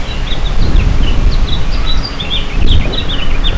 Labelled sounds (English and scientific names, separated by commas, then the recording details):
House Finch (Haemorhous mexicanus) song
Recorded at Patchogue on Long Island, New York, on 21 June 2013
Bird F